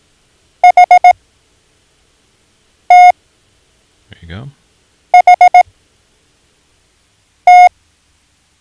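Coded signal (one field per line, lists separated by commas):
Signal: Morse code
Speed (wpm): 18 wpm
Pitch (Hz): 720 Hz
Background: speech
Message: HTHT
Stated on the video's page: Morse code learning lesson introducing letters O, S, C and H.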